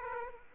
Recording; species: mosquito wingbeat signal from an infrared sensor; Aedes aegypti